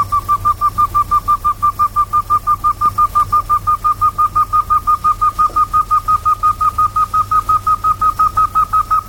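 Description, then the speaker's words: Rail long call: a fast, steady series of clear whistled notes, about three each second, evenly spaced. South American rail calling after warming up; belongs to a group known for long calls. "それでは南米のクイナはどうでしょう。ウォーミングアップをして鳴いております。"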